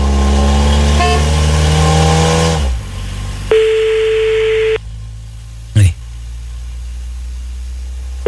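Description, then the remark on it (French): A car engine sound effect, played to suggest being in a car, rumbles loudly with deep, throaty low tones for a few seconds, then cuts off. A steady electronic tone and a brief burst follow, with a voice speaking briefly. “Avant qu'on appelle, on est censé être dans la voiture. Merde, j'avais un son spécial pour ça.”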